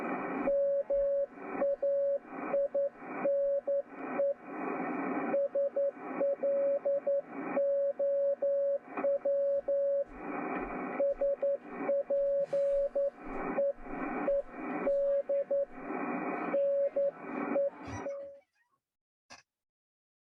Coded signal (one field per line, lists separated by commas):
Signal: Morse code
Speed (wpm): 11 wpm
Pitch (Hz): 560 Hz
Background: radio noise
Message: MAINE SLOW SPEED NE E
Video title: Morse Code, Straight Keys, Portable Ops & More!